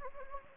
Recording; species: mosquito wingbeat signal from an infrared sensor; Anopheles gambiae